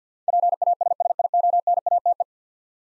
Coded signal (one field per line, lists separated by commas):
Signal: Morse code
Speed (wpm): 49 wpm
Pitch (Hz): 700 Hz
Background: none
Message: PASSIONATE